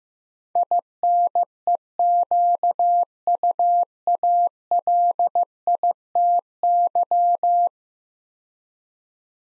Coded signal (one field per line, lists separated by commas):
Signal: Morse code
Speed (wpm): 15 wpm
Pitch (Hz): 700 Hz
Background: none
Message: INEQUALITY